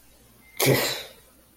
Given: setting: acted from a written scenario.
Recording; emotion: vocal sound without words; contempt